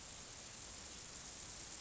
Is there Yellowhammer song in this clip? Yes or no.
no